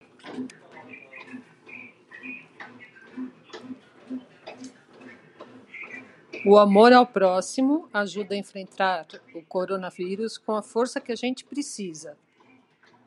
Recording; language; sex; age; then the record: spoken sentence; Brazilian Portuguese; female; 60 to 69 years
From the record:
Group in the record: control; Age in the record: 62 years